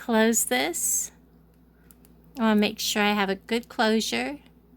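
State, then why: Not seated. Someone talks while closing the metal jump ring that holds the clasp part of a beaded necklace's toggle clasp, checking for a good closure. Two faint, brief ticks sound in a pause around 1.9 and 2.1 s. The ring has not yet clicked shut or seated by the end.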